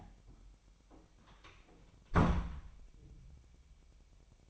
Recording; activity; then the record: daily activity, microphone in the room; close door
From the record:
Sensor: 1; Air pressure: 1007.2 hPa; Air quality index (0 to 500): 199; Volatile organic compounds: 20 ppm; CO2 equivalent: 2681 ppm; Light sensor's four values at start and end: 13/34/13/15 and 13/33/13/15